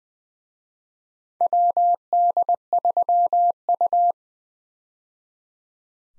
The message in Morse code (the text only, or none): WD3U